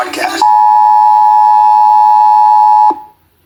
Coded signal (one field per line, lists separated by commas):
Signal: Emergency Alert System (SAME) tones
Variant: 853 and 960 Hz attention tone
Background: speech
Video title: New Jersey Required Monthly Test on WFPG, WENJ and WKVP (EAS #883-885)